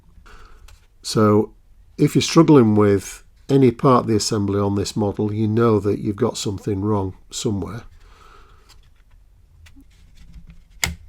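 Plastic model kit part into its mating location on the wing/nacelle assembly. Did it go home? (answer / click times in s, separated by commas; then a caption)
yes / 10.8 s. Someone talks while assembling a 1/32 scale Border Models Avro Lancaster BI/BIII plastic model kit, then presses a part into its mating location on the wing/nacelle assembly. After a few faint ticks, a single sharp, loud click rings out at 10.8 s as the part seats correctly in place.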